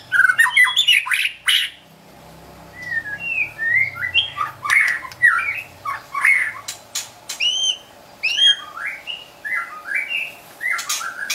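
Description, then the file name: White-rumped shama song: loud varied whistled phrases mixed with harsh clicks and rasping notes, rising and falling, delivered in bursts with short pauses. Wild bird from forest in Medan, singing actively (gacor). "suara burung murai batu hutan medan gacor"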